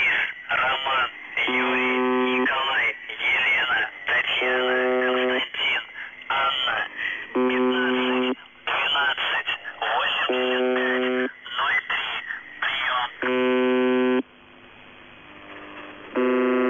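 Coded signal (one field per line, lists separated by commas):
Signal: channel marker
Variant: UVB-76, The Buzzer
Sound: short harsh buzzes repeating about every three seconds while a voice speaks over them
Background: radio static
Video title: [UVB-76, The Buzzer] Voice Message (but the marker doesn't stop); 11. January 2021, 12:45 UTC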